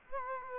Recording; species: mosquito wingbeat signal from an infrared sensor; Culex quinquefasciatus